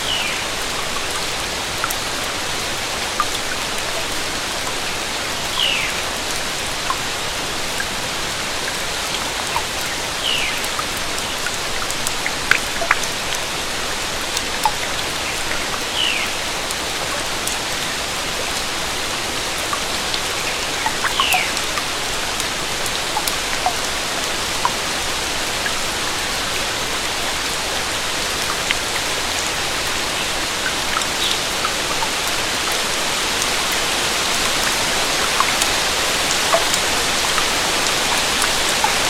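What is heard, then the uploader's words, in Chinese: Rain falls steadily beneath a pavilion, a dense, even hiss of bright patter that holds its level for the whole stretch. Sharper individual drops tick out every second or so, and a few faint chirping notes rise briefly around the fifth to twentieth seconds. 亭子下的雨声。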